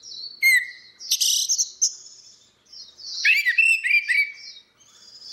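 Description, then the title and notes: Orange-headed thrush song in high, varied phrases: sweet whistles and fast chattering trills in two bursts separated by a short pause. Continuous singing (ngeplong) used as a training (masteran) recording for cage birds. "Suara Burung Anis Merah Ngeplong. Masteran Anis Kembang"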